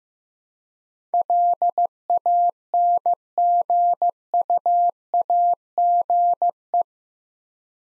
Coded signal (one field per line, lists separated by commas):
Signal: Morse code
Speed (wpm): 15 wpm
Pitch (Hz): 700 Hz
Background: none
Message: LANGUAGE